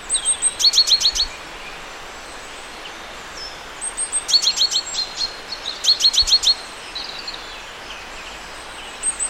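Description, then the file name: Great tit calls: rapid bursts of sharp, high ticking notes, several in a quick row, repeated in three main bursts with gaps; faint background hiss. "Parus major"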